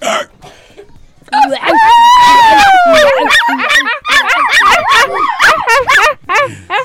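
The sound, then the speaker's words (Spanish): A dog gives a rapid string of high, wavering yips and whiny barks, loud and continuous for several seconds, with a long sliding whimper near the start. “¿Qué animal? ¡Un perro!”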